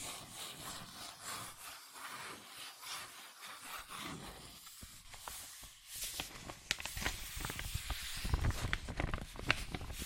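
Fingers scratch and trace across cardboard and paper in a continuous dry rubbing, with quick taps scattered throughout. The first half is softer and smoother; after about six seconds the strokes grow louder and busier, with sharper, denser tapping toward the end.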